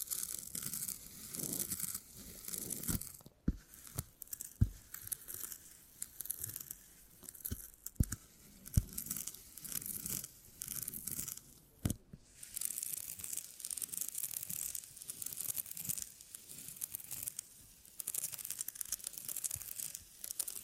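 Beeswax being handled with a steady stream of soft crinkling, tearing and crackling, bright and hissy, running the whole 21 seconds. Sharp clicks and pops punctuate it irregularly, with brief near-silent gaps around 3.5 and 12 seconds.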